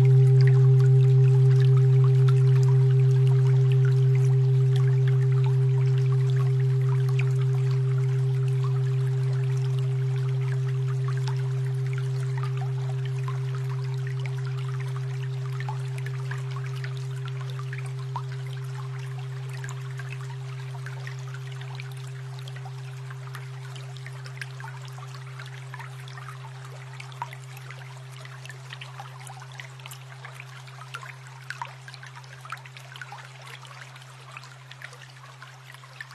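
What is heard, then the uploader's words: A steady 125.28 Hz low hum with a faint higher overtone slowly fades over the clip beneath a thin, trickling hiss of fine crackles. 125.28 Hz - a healing frequency.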